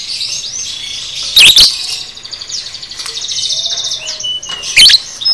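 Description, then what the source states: Lovebird chatter: a steady high buzzy twitter broken by two loud, harsh, shrill bursts. Masteran lovebird 'paud' recording, made for training cage birds.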